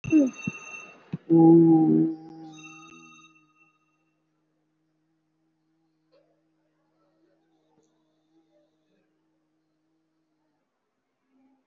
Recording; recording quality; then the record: sustained vowel as in boot; moderate, slight background noise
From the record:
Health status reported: COVID-19 positive, no symptoms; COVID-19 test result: positive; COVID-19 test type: RT-PCR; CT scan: not taken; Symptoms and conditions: breathing difficulty, diabetes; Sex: male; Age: 58 years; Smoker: no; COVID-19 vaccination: both doses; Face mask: worn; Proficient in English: yes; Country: India